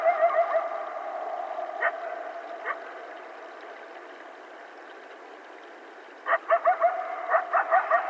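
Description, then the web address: Coyotes yipping and howling: a steady wavering howl runs throughout, broken by sharp yelping bursts near the start and in a rapid chattering cluster over the last two seconds. Several coyotes, recorded on 12 July 2010. "Coyote 2010 07 12 Coyotes"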